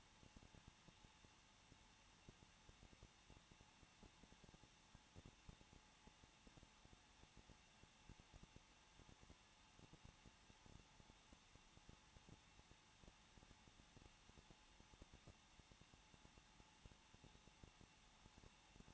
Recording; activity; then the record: daily activity, microphone in the room; no activity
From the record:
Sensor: 1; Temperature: 20.1 degrees Celsius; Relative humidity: 39.3%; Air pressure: 1006.4 hPa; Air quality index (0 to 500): 218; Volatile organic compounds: 80 ppm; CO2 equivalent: 3606 ppm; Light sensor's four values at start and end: 1/2/1/1 and 1/2/1/1